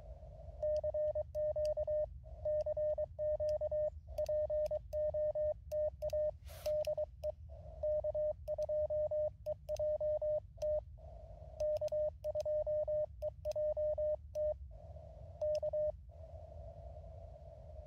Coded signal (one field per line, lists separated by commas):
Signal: Morse code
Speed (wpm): 23 wpm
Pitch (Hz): 610 Hz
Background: radio noise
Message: CQ CQ POTA DE K2EJT K2EJT K